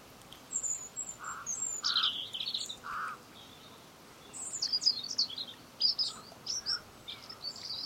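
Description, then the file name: European robin song of high sliding and trilled phrases in two bursts, with a few lower soft notes as well. "Erithacus rubecula"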